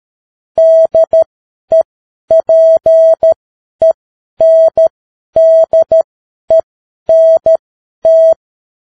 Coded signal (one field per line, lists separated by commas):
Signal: Morse code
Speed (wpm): 13 wpm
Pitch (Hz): 650 Hz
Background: none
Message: DEPENDENT